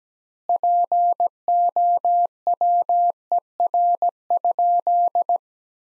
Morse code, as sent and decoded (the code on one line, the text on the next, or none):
.--. --- .-- . .-. ..--..
POWER?